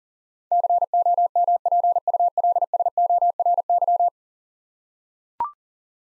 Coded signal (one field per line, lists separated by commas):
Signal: Morse code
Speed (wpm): 40 wpm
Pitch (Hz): 700 Hz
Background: none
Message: COMPULSORY